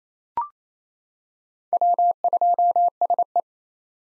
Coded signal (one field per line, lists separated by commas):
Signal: Morse code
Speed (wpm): 28 wpm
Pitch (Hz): 700 Hz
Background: none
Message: W2SE